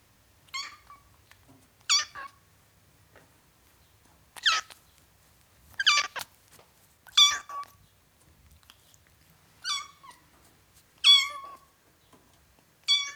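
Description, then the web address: Domestic cat: kitten meows, short, thin and high, repeated at irregular intervals of one to three seconds, several calls in all. Ten-week-old kitten, meowing. "BBC Sound Effects Library. Ten Week Old Kitten, Meowing"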